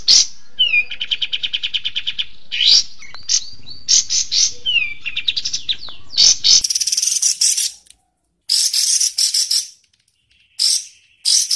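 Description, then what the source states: Bird singing a rich medley of sharp notes, a long even trill, downslurred whistles and rasping, hissy bursts, with short silences near the end. Recording used as masteran, a tutor song for training birds.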